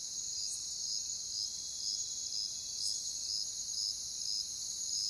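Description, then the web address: Crickets chirping in high, rhythmic pulses about twice a second over a softer, continuous background chorus, with a couple of brief clicks. Crickets in a jungle setting. "Pre-Uni Library Natures Songs Nature Sounds The Natural Sounds of the Wilderness 10 CDs collection Echoes of Nature - Jungle Talk Crickets"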